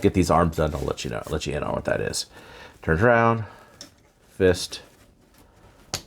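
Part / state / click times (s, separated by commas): fist into the forearm of a plastic transforming figure / seated / 5.9 s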